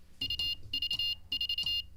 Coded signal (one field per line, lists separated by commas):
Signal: Morse code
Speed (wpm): 28 wpm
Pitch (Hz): 2850 Hz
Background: none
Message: UV4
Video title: How to Weather the Coronavirus by Learning Morse Code LIVE with N0SSC (Day 32)